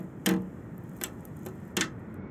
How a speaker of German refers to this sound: Tap, tap, klopft der Zweig ans Fenster.